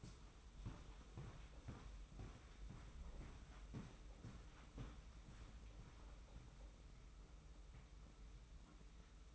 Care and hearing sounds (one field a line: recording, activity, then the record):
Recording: daily activity, microphone in the room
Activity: walk to room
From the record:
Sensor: 1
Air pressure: 991.2 hPa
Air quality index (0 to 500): 90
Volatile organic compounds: 31 ppm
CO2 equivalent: 2988 ppm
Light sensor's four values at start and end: 33/110/43/44 and 35/114/45/46